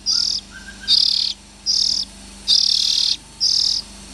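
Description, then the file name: Oriental magpie-robin uttering a quick series of grating, hissing rasps, one longer than the rest, with a faint whistle early on. Young Oriental magpie-robins (chích chòe than non). "Tieng chim chich choe than non"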